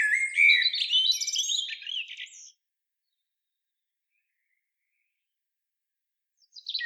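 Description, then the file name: Common blackbird delivering one rich fluted phrase that ends in thin high squeaks. A long silence follows, and another phrase just begins at the very end. "Turdus merula"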